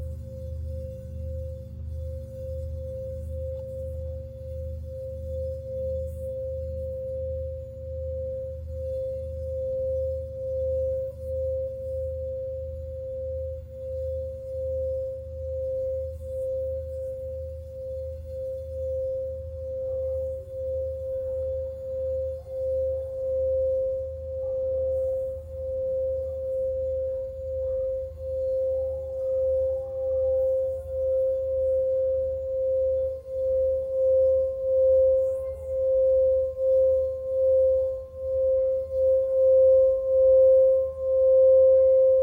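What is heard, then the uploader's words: A Tibetan singing bowl sustains one clear, steady tone with a low pulsing hum beneath it, throbbing at a regular rate throughout. After about twenty seconds faint higher wavering tones join in, and the ringing gradually swells louder and pulses more deeply toward the end. Tibetan Singiing Bowl のサウンドヒーリング.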